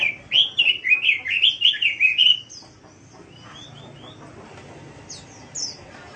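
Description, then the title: Bird pouring out a steady run of rich chirped notes for two seconds, then quieter high whistles and a few sharp calls. Masteran song style. "LuckyBurung MasteranBest"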